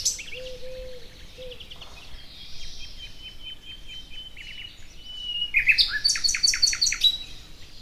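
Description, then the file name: Common nightingale song: soft drawn whistles, then a loud burst of rapid repeated chirps toward the end, with a few low hooting notes early on. "Luscinia megarhynchos"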